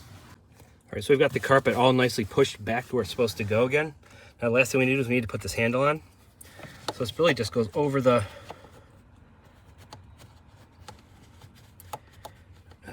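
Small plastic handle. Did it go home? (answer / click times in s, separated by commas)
no / none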